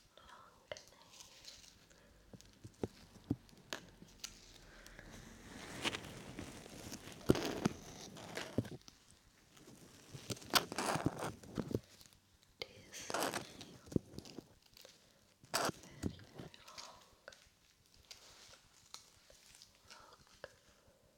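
Ear rubbing, cupping and brushing sounds, with soft irregular rustles and scrapes, louder swells near seconds 7, 10, 13 and 15, and sharp clicks.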